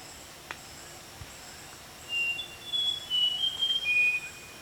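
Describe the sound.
Rusty mouse-warbler singing one phrase of pure, high whistles, several short notes wavering in pitch and ending on a lower note, after a couple of seconds of quiet hum.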